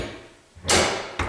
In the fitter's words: close so you hear a click